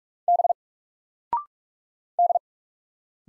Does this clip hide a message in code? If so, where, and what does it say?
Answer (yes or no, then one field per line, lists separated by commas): yes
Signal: Morse code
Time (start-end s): 0.3-2.4 s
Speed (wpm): 44 wpm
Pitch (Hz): 700 Hz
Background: none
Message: B D